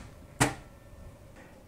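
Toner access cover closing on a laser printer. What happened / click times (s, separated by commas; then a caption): The plastic cover snapped shut / 0.4 s. The plastic toner access cover on a Pantum P2509W laser printer is lowered after the toner cartridge has been secured. A single sharp hit is heard at 0.4 seconds, followed by a quick decay into a quiet background. The cover closes shut and is seated.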